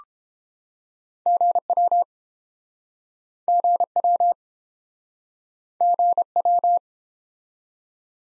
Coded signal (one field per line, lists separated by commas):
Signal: Morse code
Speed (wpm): 31 wpm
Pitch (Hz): 700 Hz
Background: none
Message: GW GW GW